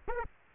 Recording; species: mosquito wingbeat signal from an infrared sensor; Aedes aegypti